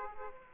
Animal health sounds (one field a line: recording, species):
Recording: mosquito wingbeat signal from an infrared sensor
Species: Aedes aegypti